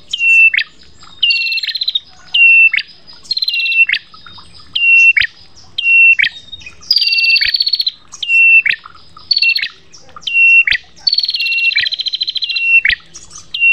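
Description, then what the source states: Prinia singing: high, sharp repeated phrases, each a steady note followed by a buzzy, rattling trill, in bursts roughly every second. Bird song used for training other birds to sing (masteran, terapi); local name prenjak.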